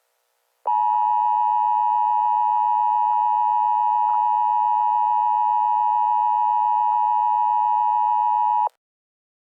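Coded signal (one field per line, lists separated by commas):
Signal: Emergency Alert System (SAME) tones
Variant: 853 and 960 Hz attention tone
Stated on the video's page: Fictional dinosaur scenario using valid EAS tones; not a real alert.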